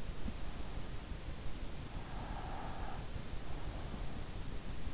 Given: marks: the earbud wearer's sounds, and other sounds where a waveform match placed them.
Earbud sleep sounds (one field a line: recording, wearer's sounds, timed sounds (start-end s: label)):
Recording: sounds in sleep by an in-ear microphone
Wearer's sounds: breath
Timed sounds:
1.93-3.42 s: breath